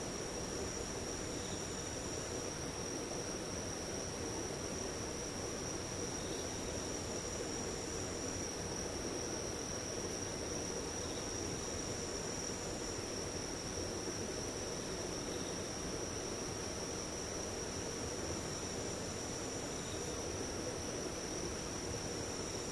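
Insects keep up a steady, unbroken high whine for the whole clip, with a second thin tone above it that drops out for a while and returns. Faint short chirps recur every few seconds over a constant low, engine-like rumble.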